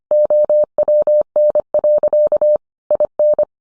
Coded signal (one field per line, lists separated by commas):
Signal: Morse code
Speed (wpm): 25 wpm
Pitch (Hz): 600 Hz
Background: none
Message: OWN. IN